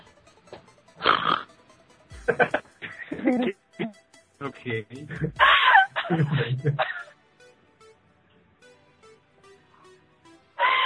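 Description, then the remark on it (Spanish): A woman imitates a pig with a run of rough, snorting oinks and grunts in uneven bursts, loud and raspy, followed by quieter pauses. “Sí, soy yo la que hace al puerco.”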